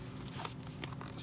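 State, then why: Seated. A plastic leg is pressed into the main body of a customizable toy droid. Soft plastic handling sounds lead up to a sharp snap at 0.4 seconds, followed by a few lighter clicks and taps. The leg is seated in the body.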